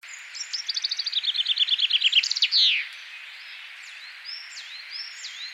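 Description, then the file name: Common chaffinch song, a rattling run of repeated notes dropping in pitch, finished by a loud descending flourish, then soft high whistles in the background. "Fringilla coelebs"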